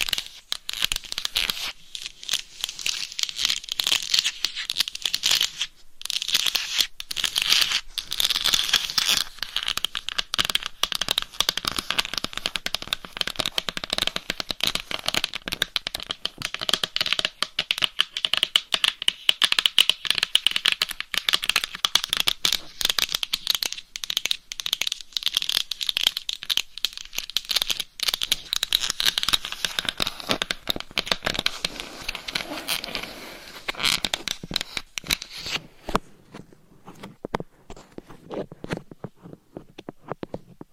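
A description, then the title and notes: Dense scratching on a microphone cover, rapid and crinkly, bright and steady for most of the clip, thinning into sparser taps near the end. ASMR Binaural Dummy Head Mic Scratching & Tapping on DIY Mic Cover.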